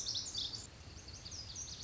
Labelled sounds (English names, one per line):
Lazuli Bunting